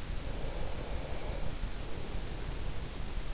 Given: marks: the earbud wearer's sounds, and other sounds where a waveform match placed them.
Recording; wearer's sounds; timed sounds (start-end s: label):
sounds in sleep by an in-ear microphone; breath
0.00-3.24 s: breath